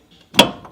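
A rubber charge-pipe hose, its retaining clip already pulled, is pulled off the turbocharger outlet. After faint handling noise, a sharp pop is heard at 0.4 s, then a rustling decay and a small knock near 0.7 s. The hose comes free of the turbo.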